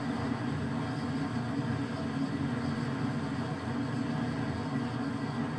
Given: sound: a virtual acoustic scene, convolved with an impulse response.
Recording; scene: olnoise with the full impulse response of the target; pub